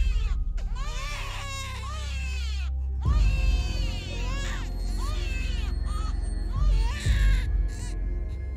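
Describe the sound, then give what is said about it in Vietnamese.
Several shrill, wailing cries overlap at once, rising and falling in high-pitched, infant-like sobs over a low rumbling background, loud and close, with no clear speech. “Những tiếng khóc vẫn cứ vắng vất, không phải là một mà là rất nhiều tiếng khóc cứ thế mà cất lên choe choé.”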